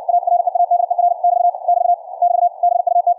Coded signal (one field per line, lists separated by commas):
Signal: Morse code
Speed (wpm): 63 wpm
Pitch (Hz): 700 Hz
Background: none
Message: A READER <BT> <BT> <BT> BUT